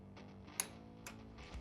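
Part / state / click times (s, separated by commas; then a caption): torque wrench on brake caliper mounting bolt / torque reached / 0.6 s. A click-type torque wrench tightens the lower brake caliper mounting bolt on the front fork of a Harley-Davidson Sportster motorcycle, with background music playing throughout. The wrench gives a sharp little clunk at 0.6 s, showing the bolt has reached its torque spec, and a fainter knock follows near 1.1 s.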